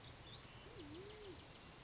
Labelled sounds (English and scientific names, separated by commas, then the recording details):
Band-tailed Pigeon (Patagioenas fasciata)
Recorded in Sonoma County, California